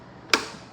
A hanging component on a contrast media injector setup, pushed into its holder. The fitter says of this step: it should click in just like that okay that's that's one part now